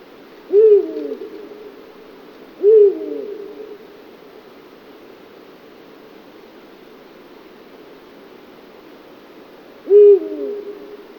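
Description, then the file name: Eurasian eagle-owl uttering three low, clipped hoots, two close together early and one after a long pause, with steady hiss throughout. "hubro"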